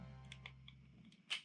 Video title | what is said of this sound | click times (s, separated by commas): Let's Brick It Out! Vickie Vypre - Main Wings and Tail | wait for that satisfying click here | 1.3 s